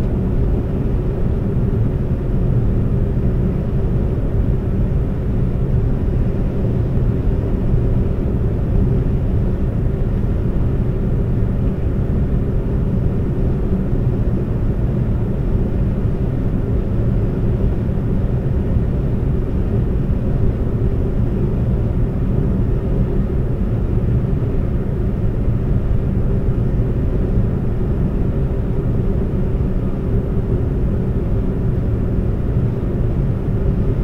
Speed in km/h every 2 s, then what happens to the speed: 126, 126, 126, 126, 126, 126, 126, 126, 126, 126, 126, 126, 126, 126, 126, 126, 126.
0-34 steady at about 126.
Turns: none.